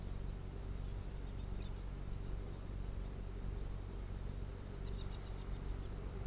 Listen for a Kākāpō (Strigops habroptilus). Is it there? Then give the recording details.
no. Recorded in New Zealand. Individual Arab